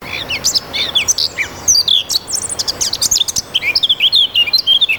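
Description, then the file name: Eurasian blackcap song, a quick, varied warble of bright chirps and short slurred whistles, delivered in a rambling run. "moench"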